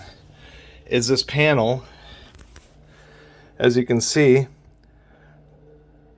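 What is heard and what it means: Someone talks while trying to fit the front glass panel of a Vevor electric fireplace onto its glued-on metal mounting strips, which were glued slightly offset and too narrow. Only faint knocks are heard between the talking, around 2.4, 2.6 and 4.8 seconds. The panel does not go on, and nothing has seated or clicked yet.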